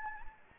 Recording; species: mosquito wingbeat signal from an infrared sensor; Anopheles gambiae